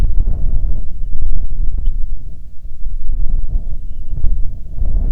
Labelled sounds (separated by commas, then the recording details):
songbird, wind
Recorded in the Prudhoe Bay oil fields, Alaska, on 6 June 2019 at 04:10
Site 16